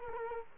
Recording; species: mosquito wingbeat signal from an infrared sensor; Culex quinquefasciatus